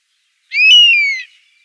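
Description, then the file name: Honey buzzard uttering a single drawn-out whistle that rises quickly, then slides slowly downward before fading. "Osoed obyknovennyj"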